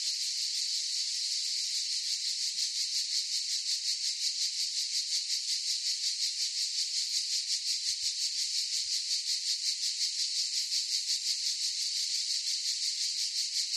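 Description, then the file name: Cicadas in chorus, a high rasping drone pulsing in quick, even beats. Forest chorus of cicadas. "gain walkers CICADAS Forest Chorus"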